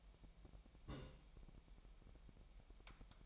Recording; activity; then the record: daily activity, microphone in the room; place on stove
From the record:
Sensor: 1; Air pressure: 1002.0 hPa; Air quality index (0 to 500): 248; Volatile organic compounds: 53 ppm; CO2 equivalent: 3330 ppm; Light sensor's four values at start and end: 6/13/5/6 and 6/13/5/6